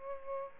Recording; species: mosquito wingbeat signal from an infrared sensor; Aedes aegypti